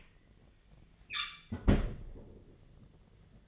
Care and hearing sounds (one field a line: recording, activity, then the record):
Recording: daily activity, microphone in the room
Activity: close fridge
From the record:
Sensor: 4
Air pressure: 1010.6 hPa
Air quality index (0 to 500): 176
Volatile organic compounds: 5 ppm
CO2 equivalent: 1785 ppm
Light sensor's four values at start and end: 30/88/35/35 and 35/101/40/40